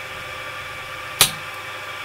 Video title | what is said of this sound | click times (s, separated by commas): 3D Print of the Day: Nozzle Torque Wrench | clicks and there we are done up to 1.7 newton meters perfect | 1.2 s